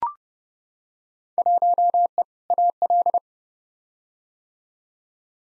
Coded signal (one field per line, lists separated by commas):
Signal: Morse code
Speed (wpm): 30 wpm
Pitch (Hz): 700 Hz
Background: none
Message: 1E AL